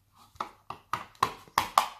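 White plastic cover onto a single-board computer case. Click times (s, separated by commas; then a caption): 1.6 s, 1.8 s. A white plastic cover is pressed onto a Raspberry Pi case, producing a series of six sharp plastic clicks that grow louder, at about 0.4, 0.7, 0.9, 1.2, 1.6 and 1.8 seconds. The last two clicks, at 1.6 and 1.8 seconds, are the cover snapping into place, and it is confirmed seated.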